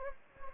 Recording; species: mosquito wingbeat signal from an infrared sensor; Anopheles gambiae